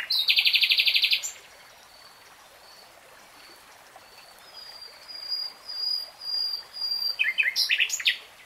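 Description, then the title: Nightingale song: a fast rattling phrase at the start, a quiet stretch with faint high whistles, then a choppy trill to close. Real-time recording of a nightingale singing. "[Tiếng chim hót] Nightingale Singing"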